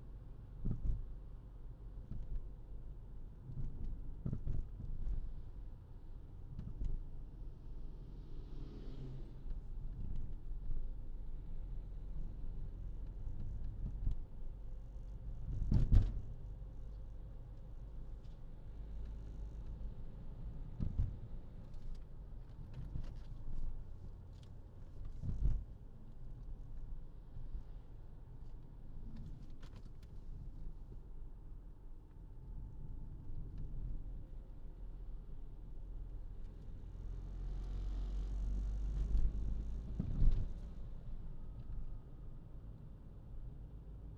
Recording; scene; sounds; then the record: everyday scene through a hearing-aid microphone; in a vehicle; engine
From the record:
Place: Berlingo II, diesel engine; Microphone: in the ear canal, left